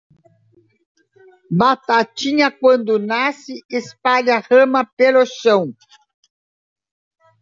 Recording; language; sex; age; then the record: short text; Brazilian Portuguese; female; 70 to 79 years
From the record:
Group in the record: control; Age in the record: 76 years